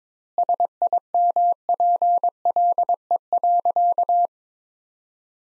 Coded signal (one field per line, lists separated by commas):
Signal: Morse code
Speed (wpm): 22 wpm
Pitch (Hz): 700 Hz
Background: none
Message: SIMPLE.